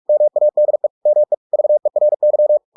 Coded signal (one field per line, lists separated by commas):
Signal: Morse code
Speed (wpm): 46 wpm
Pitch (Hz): 600 Hz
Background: none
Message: MADE ME VERY